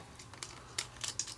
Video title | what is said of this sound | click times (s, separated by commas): Jeep Key Fob Battery (Remote battery) | clicks there we go and then we test it | 1.2 s